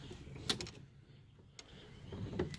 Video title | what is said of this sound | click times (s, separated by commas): Big Fish 108 Umbrella / Canopy attachment. Chair umbrella for your kayak! | can adjust it back and forth. Clicks in place. | 0.5 s